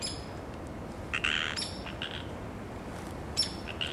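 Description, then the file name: Sierran treefrog giving a short raspy creak, with a few fainter clicks, over a steady hissing background. Calls given on land. "Psierra Land Calls"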